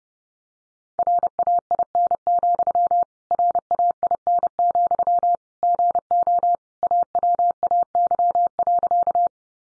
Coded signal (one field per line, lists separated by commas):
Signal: Morse code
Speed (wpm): 30 wpm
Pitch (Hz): 700 Hz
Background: none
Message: RAIN, RAIN, GO AWAY.